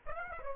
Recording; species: mosquito wingbeat signal from an infrared sensor; Aedes aegypti